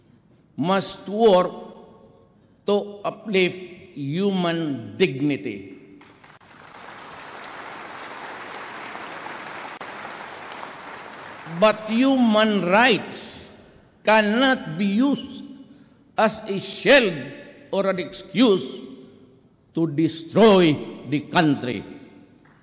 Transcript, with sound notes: must work to uplift human dignity. [applause] But human rights cannot be used as a shield or an excuse to destroy the country